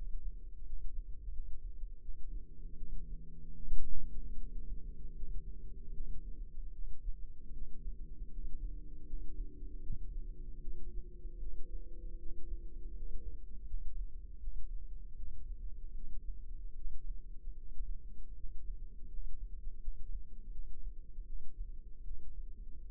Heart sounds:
heart sounds by microphone in the left ear; 78 bpm
0.63 s: heartbeat
1.30 s: heartbeat
1.99 s: heartbeat
2.75 s: heartbeat
3.54 s: heartbeat
4.35 s: heartbeat
5.13 s: heartbeat
5.90 s: heartbeat
6.70 s: heartbeat
7.50 s: heartbeat
8.28 s: heartbeat
9.04 s: heartbeat
9.80 s: heartbeat
10.59 s: heartbeat
11.38 s: heartbeat
12.16 s: heartbeat
12.92 s: heartbeat
13.64 s: heartbeat
14.38 s: heartbeat
15.13 s: heartbeat
15.92 s: heartbeat
16.73 s: heartbeat
17.54 s: heartbeat
18.34 s: heartbeat
19.07 s: heartbeat
19.78 s: heartbeat
20.49 s: heartbeat
21.24 s: heartbeat
22.02 s: heartbeat
22.83 s: heartbeat
From the record:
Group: healthy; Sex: female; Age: 26 years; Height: 165 cm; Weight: 55 kg

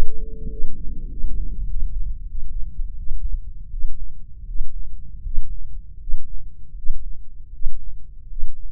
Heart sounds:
heart sounds by microphone in the left ear; 85 bpm
0.50 s: heartbeat
1.09 s: heartbeat
1.67 s: heartbeat
2.27 s: heartbeat
2.97 s: heartbeat
3.70 s: heartbeat
4.46 s: heartbeat
5.24 s: heartbeat
6.00 s: heartbeat
6.76 s: heartbeat
7.52 s: heartbeat
8.29 s: heartbeat
From the record:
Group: healthy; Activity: Valsalva maneuver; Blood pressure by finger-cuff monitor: 145/101 mmHg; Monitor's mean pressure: 110 mmHg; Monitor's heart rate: 79 bpm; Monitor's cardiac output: 6.8 L/min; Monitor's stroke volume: 84 mL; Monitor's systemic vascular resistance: 1170 dyn s/cm5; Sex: male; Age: 23 years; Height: 179 cm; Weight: 87 kg

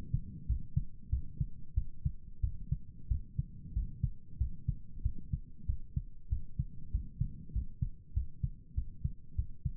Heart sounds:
heart sounds by stethoscope; 95 bpm
0.46 s: heartbeat
1.09 s: heartbeat
1.74 s: heartbeat
2.40 s: heartbeat
3.08 s: heartbeat
3.73 s: heartbeat
4.37 s: heartbeat
5.02 s: heartbeat
5.66 s: heartbeat
6.29 s: heartbeat
6.91 s: heartbeat
7.52 s: heartbeat
8.13 s: heartbeat
8.74 s: heartbeat
9.35 s: heartbeat
From the record:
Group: healthy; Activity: rest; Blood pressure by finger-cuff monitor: 104/69 mmHg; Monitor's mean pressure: 81 mmHg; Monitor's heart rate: 96 bpm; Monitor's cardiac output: 7.7 L/min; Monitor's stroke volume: 81 mL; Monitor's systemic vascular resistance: 770 dyn s/cm5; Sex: male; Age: 19 years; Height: 178 cm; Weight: 83 kg

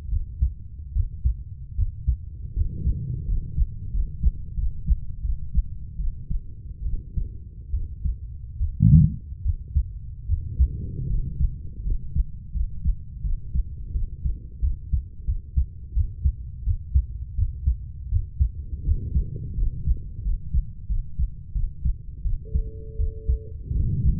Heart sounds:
heart sounds by stethoscope; 81 bpm
0.10 s: heartbeat
0.93 s: heartbeat
1.76 s: heartbeat
2.54 s: heartbeat
3.26 s: heartbeat
3.91 s: heartbeat
4.55 s: heartbeat
5.21 s: heartbeat
5.97 s: heartbeat
6.83 s: heartbeat
7.71 s: heartbeat
8.58 s: heartbeat
9.43 s: heartbeat
10.27 s: heartbeat
11.08 s: heartbeat
11.83 s: heartbeat
12.53 s: heartbeat
13.22 s: heartbeat
13.92 s: heartbeat
14.61 s: heartbeat
15.25 s: heartbeat
15.94 s: heartbeat
16.64 s: heartbeat
17.36 s: heartbeat
18.10 s: heartbeat
18.84 s: heartbeat
19.56 s: heartbeat
20.23 s: heartbeat
20.88 s: heartbeat
21.53 s: heartbeat
22.23 s: heartbeat
22.97 s: heartbeat
23.73 s: heartbeat
From the record:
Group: healthy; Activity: rest 0-22 s, breath hold 22-24 s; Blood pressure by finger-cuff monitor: 142/50 mmHg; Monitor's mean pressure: 76 mmHg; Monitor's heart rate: 79 bpm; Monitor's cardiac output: 11 L/min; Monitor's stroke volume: 136 mL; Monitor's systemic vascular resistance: 510 dyn s/cm5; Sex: female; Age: 32 years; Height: 168 cm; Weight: 61.9 kg

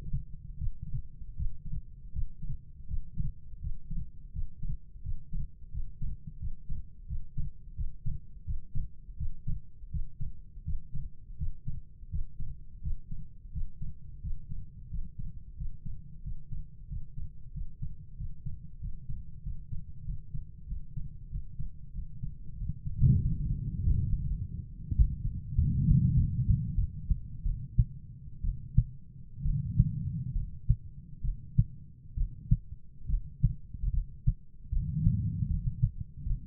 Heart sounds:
heart sounds by stethoscope; 84 bpm
0.56 s: heartbeat
1.34 s: heartbeat
2.11 s: heartbeat
2.86 s: heartbeat
3.59 s: heartbeat
4.31 s: heartbeat
5.01 s: heartbeat
5.70 s: heartbeat
6.37 s: heartbeat
7.05 s: heartbeat
7.74 s: heartbeat
8.43 s: heartbeat
9.15 s: heartbeat
9.89 s: heartbeat
10.63 s: heartbeat
11.36 s: heartbeat
12.09 s: heartbeat
12.80 s: heartbeat
13.51 s: heartbeat
14.20 s: heartbeat
14.88 s: heartbeat
15.55 s: heartbeat
16.21 s: heartbeat
16.87 s: heartbeat
17.51 s: heartbeat
18.15 s: heartbeat
18.78 s: heartbeat
19.41 s: heartbeat
20.03 s: heartbeat
20.66 s: heartbeat
21.29 s: heartbeat
21.92 s: heartbeat
22.56 s: heartbeat
23.19 s: heartbeat
23.81 s: heartbeat
24.20 s: heartbeat
24.95 s: heartbeat
25.55 s: heartbeat
26.14 s: heartbeat
26.75 s: heartbeat
27.43 s: heartbeat
28.41 s: heartbeat
29.42 s: heartbeat
30.32 s: heartbeat
31.21 s: heartbeat
32.14 s: heartbeat
33.07 s: heartbeat
33.91 s: heartbeat
34.70 s: heartbeat
35.47 s: heartbeat
36.24 s: heartbeat
From the record:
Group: healthy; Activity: Valsalva maneuver 0-25 s, rest 25-37 s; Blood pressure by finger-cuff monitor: 117/73 mmHg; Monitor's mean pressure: 92 mmHg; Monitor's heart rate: 83 bpm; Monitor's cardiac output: 5.7 L/min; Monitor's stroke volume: 68 mL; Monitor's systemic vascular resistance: 1130 dyn s/cm5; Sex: female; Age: 43 years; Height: 160 cm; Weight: 90 kg

